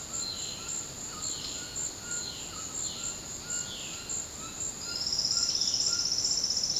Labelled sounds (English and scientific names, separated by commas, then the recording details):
White-throated Toucan (Ramphastos tucanus), Violaceous Jay (Cyanocorax violaceus)
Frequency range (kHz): White-throated Toucan (Ramphastos tucanus) 0.9-2.1 kHz; Violaceous Jay (Cyanocorax violaceus) 2.2-5.3 kHz
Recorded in secondary vegetation near Puerto Asís, Putumayo, Colombia, on 18 February 2024 at 14:30
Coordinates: 0.472, -76.331
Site G6371